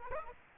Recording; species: mosquito wingbeat signal from an infrared sensor; Aedes albopictus